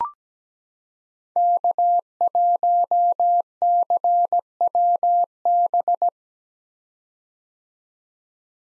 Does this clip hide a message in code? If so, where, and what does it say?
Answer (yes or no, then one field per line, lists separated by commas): yes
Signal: Morse code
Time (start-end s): 1.4-6.1 s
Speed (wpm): 17 wpm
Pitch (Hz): 700 Hz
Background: none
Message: K1CWB